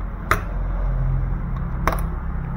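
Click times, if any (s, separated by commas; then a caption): 0.3 s, 1.9 s. The plastic push pins of a stock CPU cooler are pressed down crosswise into the motherboard mounting holes. Two sharp clicks at 0.3 s and 1.9 s mark the pins seating, with a faint tick at 1.6 s and a low steady hum throughout.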